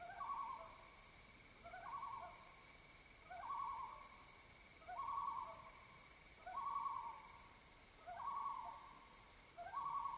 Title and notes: After dark, the loons perform their night chorus.